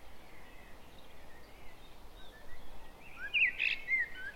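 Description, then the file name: Common blackbird calls: a few short, sharp high notes clustered near the end, over steady outdoor background noise. "Turdus merula"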